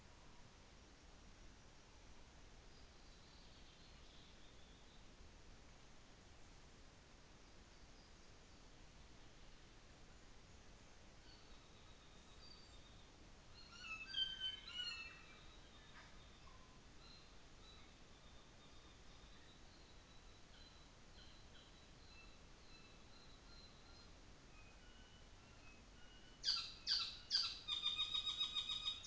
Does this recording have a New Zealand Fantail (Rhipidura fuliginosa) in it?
no